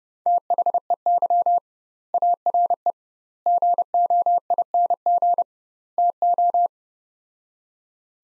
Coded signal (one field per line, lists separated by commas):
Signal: Morse code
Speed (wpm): 30 wpm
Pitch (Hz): 700 Hz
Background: none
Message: THEY ARE GOING TO